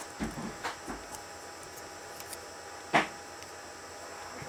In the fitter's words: And you push it on until you hear snap. There you go. Now it snap.